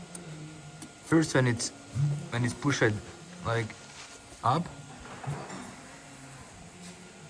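On an Audi Allroad, the electrical wiring connector is handled at the rear right ride-height level control system sensor (G77), which it is pushed up onto until its plastic latch engages. Someone talks over faint background handling noise. Nothing has seated or clicked yet.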